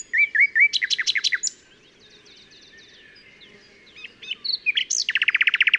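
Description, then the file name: Common nightingale song opening with quick repeated whistled notes, a pause with softer buzzy phrases, then a fast, loud rattling trill. "Luscinia megarhynchos"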